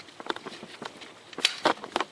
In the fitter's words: you hear the click